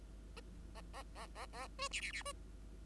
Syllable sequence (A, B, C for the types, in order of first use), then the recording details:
A A A A A B C C C B. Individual Bird5